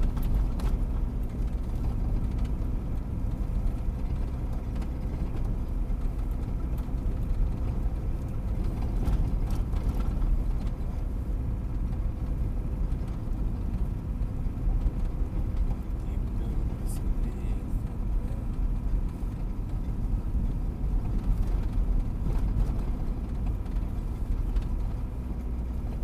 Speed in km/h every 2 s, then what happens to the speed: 33, 34, 33, 34, 33, 33, 33, 33, 33, 32, 32, 32, 31.
0-26 steady at about 33.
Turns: none.